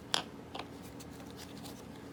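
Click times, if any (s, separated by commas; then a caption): none. A new plastic cleaning pad piece is handled and fitted toward its place in a model train track cleaner car. A sharp tick is heard at 0.1 s and a softer one at 0.6 s, followed by faint scraping and rustling. Nothing has seated or clicked into place yet.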